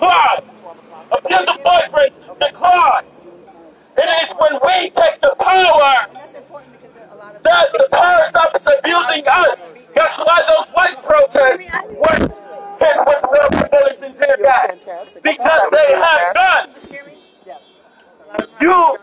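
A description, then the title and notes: A voice speaks in bursts at the Niagara Square protest in downtown Buffalo, with phrases broken by short pauses roughly every few seconds. Between phrases a faint murmur and low street noise continue, and a couple of sharp clicks or knocks occur around twelve and fourteen seconds. Niagara Square Protest in Downtown Buffalo.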